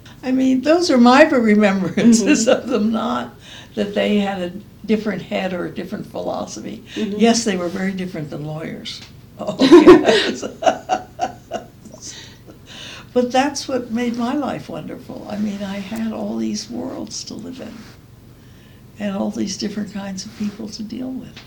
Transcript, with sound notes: I mean those are my remembrances of them, not that they had a different head or a different philosophy. Yes, they were very different from lawyers. [laughs] But that’s what made my life wonderful, I mean, I had all these worlds to live in and all these different kinds of people to deal with.